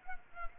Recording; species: mosquito wingbeat signal from an infrared sensor; Culex pipiens